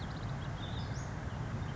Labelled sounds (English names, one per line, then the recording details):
Western Flycatcher
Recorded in Sonoma County, California